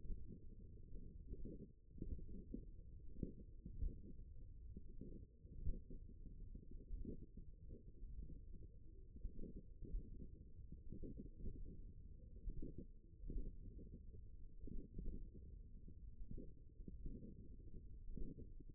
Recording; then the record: forearm muscle sounds (acoustic myography)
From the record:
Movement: tripod grip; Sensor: system 1, eight BSWA MPA416 microphones around the upper forearm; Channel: 7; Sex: male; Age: 54 years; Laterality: right